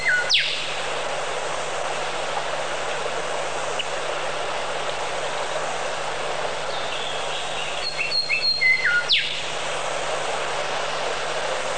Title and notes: Bird Sound Effects पक्षी लगता है. lots of different bird sounds